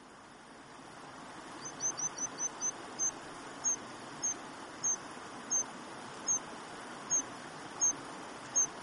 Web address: white-throated dipper